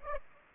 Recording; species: mosquito wingbeat signal from an infrared sensor; Aedes aegypti